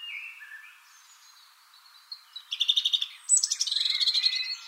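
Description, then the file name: European robin song: faint thin whistles at first, then a bright phrase of rapid high trilled notes and sliding whistles in the last two seconds. "Erithacus rubecula"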